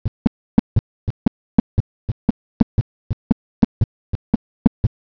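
Rapid, regular heart sounds at about 115 beats a minute, each beat a close pair of dull low thuds in a galloping cadence over a silent background. This is a quadruple gallop, where extra third and fourth heart sounds join the normal pair, a sign of a strained, stiff or failing ventricle.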